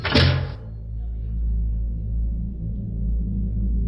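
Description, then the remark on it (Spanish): A door shuts with a single short, solid thud at the start, then a steady low rumble carries on underneath with no talking. “cierra la puerta, por favor.”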